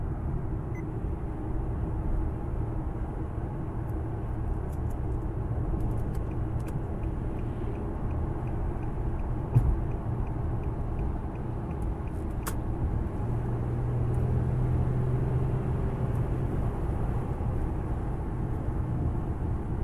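Steady in-car driving sound: a dense, low engine and road rumble that stays even throughout, with a deeper hum swelling slightly from about 14 seconds. Faint ticks and small clicks appear now and then, including a sharp tick near 12 seconds.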